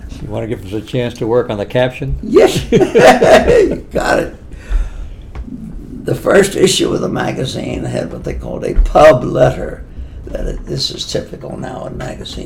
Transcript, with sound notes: You want to give them the chance to work on the caption?
Yes. [laughter] You got it. The first issue of the magazine had what they called a “Pub Letter,” that it—this is typical now in magazines.